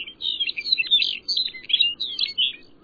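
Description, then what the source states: Lapland longspur singing a bright, tumbling warble of high chirps and trills in short phrases with brief gaps, against a soft low background hum. Often takes flight to sing, casting its gentle song into the air while gliding above the Arctic tundra.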